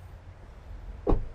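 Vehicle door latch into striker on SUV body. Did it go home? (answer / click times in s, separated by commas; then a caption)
yes / 1.1 s. The door of a 2026 Montero Black Series SUV is shut, and its latch catches the striker on the body with a short, sharp hit at 1.1 s over a low background rumble. The door latches closed, as the other side should be, so the vehicle is properly locked.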